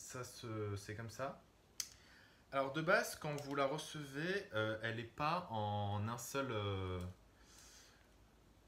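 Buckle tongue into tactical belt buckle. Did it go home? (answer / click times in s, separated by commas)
yes / 1.8 s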